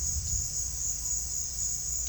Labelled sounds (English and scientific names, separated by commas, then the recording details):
none
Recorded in secondary vegetation near Puerto Asís, Putumayo, Colombia, on 4 March 2025 at 16:30
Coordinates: 0.498, -76.327
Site G001